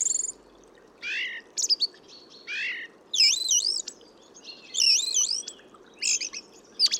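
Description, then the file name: Eurasian blackbird with swooping wavy whistles alternating with rough, scratchy high twitters, in phrases separated by short pauses, over a faint background hiss. "Turdus merula"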